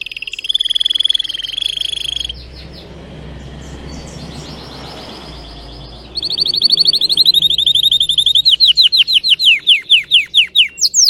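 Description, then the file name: Canary (Spanish Timbrado): canary song: brisk trills open, then a stretch of low hiss and background noise, before fast trills return and end in slower, separate swooping notes. Song of a Spanish Timbrado canary, called 'canário belga' in the Portuguese source. "canto do canario belga timbrado espanhol"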